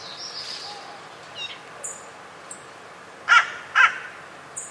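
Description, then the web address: Bird calling with two loud harsh caws close together near the end, while other birds give faint high chirps and whistles throughout. "cianscape. Deverinetal 2025. Bird Only"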